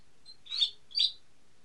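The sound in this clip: Bird chirps, two sharp high tweets in quick succession, with a faint softer note before them.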